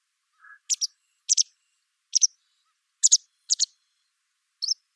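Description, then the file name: White wagtail repeating crisp, high double-note calls at short intervals, after a soft lower note at the start. "Motacilla alba"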